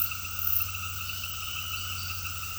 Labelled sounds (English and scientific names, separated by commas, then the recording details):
none
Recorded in pastures near Puerto Asís, Putumayo, Colombia, on 8 March 2025 at 18:00
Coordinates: 0.472, -76.329
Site G074